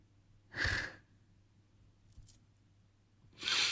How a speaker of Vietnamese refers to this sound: Đúng như chị nói đấy, em đang nhìn cái lão đang cúi cúi, lão ấy đang xúc phân bò kìa.